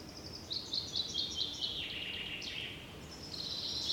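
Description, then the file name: Common chaffinch song: a rapid trill that descends in steps to a closing flourish, then more high notes near the end over light hiss. "Fringilla coelebs"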